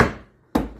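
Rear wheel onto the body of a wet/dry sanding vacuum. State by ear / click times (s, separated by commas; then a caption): seated / 0.0 s, 0.6 s. With a Surf Prep POV-8 wet/dry sanding shop vacuum turned upside down, the rear wheels are pressed onto the back of the plastic vacuum body. Two sharp snaps ring out at 0.0 s and 0.6 s, each fading quickly, with the second one louder. The wheels snap right into place, easily and fully seated.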